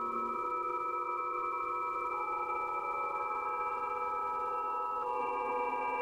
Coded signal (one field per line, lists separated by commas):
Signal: PSK31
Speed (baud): 31.25 baud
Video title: PSK Map